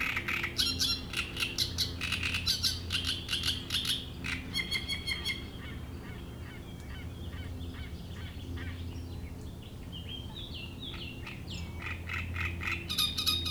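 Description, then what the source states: Great reed warbler song in harsh chattering bursts, fading into quieter whistled notes from other birds, then a final loud rasping phrase over a low hum. Reed bed at Chatillon beach, Chindrieux, France; shrill song of a migrant from Africa that can sing day and night.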